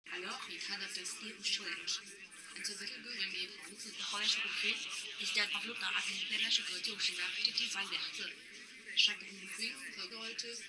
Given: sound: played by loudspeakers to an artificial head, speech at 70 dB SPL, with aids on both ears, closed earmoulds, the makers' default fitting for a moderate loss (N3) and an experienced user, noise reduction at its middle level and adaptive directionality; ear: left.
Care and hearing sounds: speech test signal (ISTS) in cocktail-party noise; +3 dB; on the right (90 degrees)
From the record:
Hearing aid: class 2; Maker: J

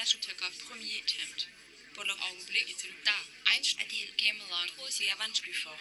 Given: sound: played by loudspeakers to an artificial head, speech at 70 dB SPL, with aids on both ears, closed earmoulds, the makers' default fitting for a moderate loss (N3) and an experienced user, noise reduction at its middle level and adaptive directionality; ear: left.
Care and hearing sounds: speech test signal (ISTS) in cocktail-party noise; +3 dB; in front (0 degrees)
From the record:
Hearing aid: class 2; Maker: H

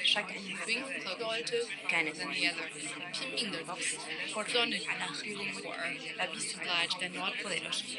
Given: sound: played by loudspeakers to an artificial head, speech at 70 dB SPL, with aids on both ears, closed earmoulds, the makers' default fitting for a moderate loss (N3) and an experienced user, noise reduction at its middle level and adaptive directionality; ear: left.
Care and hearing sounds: speech test signal (ISTS) in cocktail-party noise; -6 dB; in front (0 degrees)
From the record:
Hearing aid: class 2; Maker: I

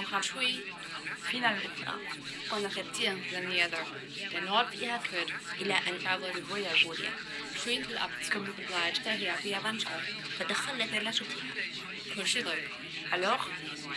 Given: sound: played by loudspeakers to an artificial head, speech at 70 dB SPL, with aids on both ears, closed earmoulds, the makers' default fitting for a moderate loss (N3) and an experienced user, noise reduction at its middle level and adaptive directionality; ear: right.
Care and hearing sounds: speech test signal (ISTS) in cocktail-party noise; 0 dB; in front (0 degrees)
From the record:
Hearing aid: class 1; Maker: E

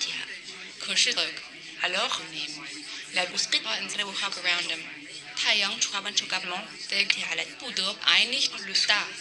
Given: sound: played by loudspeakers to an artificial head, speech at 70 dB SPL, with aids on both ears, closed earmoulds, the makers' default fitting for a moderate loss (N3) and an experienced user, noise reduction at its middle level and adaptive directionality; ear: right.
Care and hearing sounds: speech test signal (ISTS) in cocktail-party noise; +3 dB; in front (0 degrees)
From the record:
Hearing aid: class 1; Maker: B

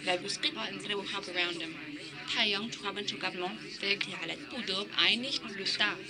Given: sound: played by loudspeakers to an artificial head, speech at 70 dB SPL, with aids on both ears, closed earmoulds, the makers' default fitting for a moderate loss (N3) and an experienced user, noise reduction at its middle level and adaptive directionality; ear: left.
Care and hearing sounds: speech test signal (ISTS) in cocktail-party noise; +3 dB; in front (0 degrees)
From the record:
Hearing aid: class 2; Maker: D

